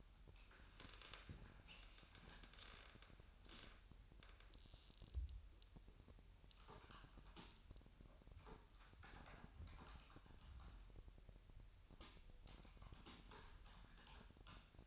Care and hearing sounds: daily activity, microphone in the room; typing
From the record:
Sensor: 2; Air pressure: 1001.9 hPa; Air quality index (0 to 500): 248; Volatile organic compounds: 39 ppm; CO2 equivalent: 3129 ppm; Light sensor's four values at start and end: 11/36/13/14 and 11/36/13/14

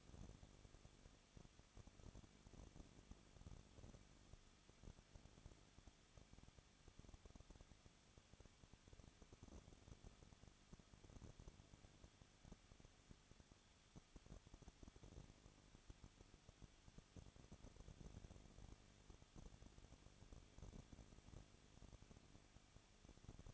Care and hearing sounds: daily activity, microphone in the room; no activity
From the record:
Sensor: 4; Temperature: 23.1 degrees Celsius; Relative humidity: 34.1%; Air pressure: 1007.2 hPa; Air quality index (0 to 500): 215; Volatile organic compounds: 15 ppm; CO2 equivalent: 2481 ppm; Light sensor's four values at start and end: 2/3/1/1 and 2/3/1/1

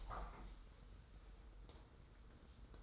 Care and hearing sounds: daily activity, microphone in the room; open window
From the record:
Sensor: 3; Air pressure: 990.3 hPa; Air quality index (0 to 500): 188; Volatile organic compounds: 1000 ppm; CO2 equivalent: 6139 ppm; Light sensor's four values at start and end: 33/77/31/29 and 34/79/32/30

